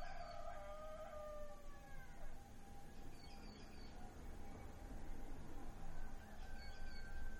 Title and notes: Amanecer en Suchiapa, Chis. MX. Los gallos